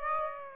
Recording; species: mosquito wingbeat signal from an infrared sensor; Aedes aegypti